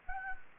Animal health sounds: mosquito wingbeat signal from an infrared sensor; Anopheles gambiae

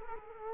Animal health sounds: mosquito wingbeat signal from an infrared sensor; Culex quinquefasciatus

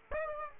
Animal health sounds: mosquito wingbeat signal from an infrared sensor; Aedes aegypti

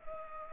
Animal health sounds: mosquito wingbeat signal from an infrared sensor; Culex pipiens

